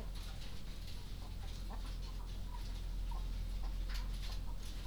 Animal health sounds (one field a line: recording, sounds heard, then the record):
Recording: poultry house recording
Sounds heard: sick chickens (respiratory disease)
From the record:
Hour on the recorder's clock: 22